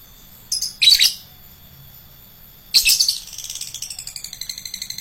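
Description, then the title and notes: Lovebird calling in shrill, scratchy bursts, then a rapid series of short, evenly spaced high chirps that runs to the end. Adult lovebird of the fighter type. "LOVEBIRD FIGTER. Lovebird Dewasa"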